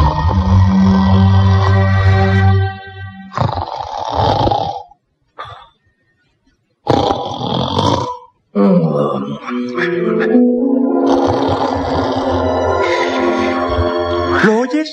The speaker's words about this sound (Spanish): ¿Lo oyes? Estamos roncando, estamos dormidos, estamos perdidos,